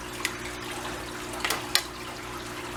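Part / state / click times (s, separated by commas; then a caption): under-gravel filter crown fitting into filter plate / seated / 1.7 s. Someone presses the plastic crown fitting of a Lees 125-gallon under-gravel aquarium filter into the plastic filter plate over a steady watery background hiss. Small plastic ticks come at 0.2 s and 1.4 s. A sharper snap at 1.8 s marks the crown seating in the plate.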